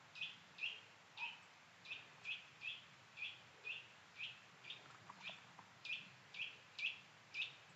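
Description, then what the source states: Eurasian nuthatch giving a long run of sharp, high, clipped notes, about twice a second. Calling again with a high-pitched call in oak and hazel woodland.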